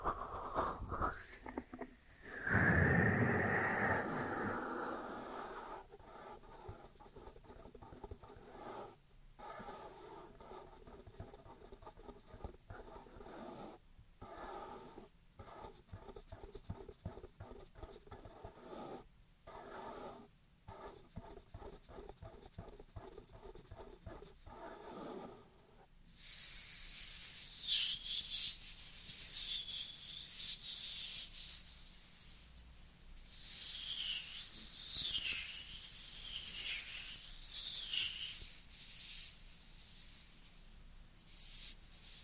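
Dry hands rub and scrape against each other, opening with a louder brushing swell in the first few seconds, then a long stretch of soft, rapid rasping with brief pauses. After about 26 seconds the rubbing turns hissier and brighter, surging in waves until the end.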